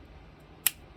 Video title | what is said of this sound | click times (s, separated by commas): Review of the Ronin energetics Hydra EDC utility knife | oh yeah there it goes it locks into place by a | 0.7 s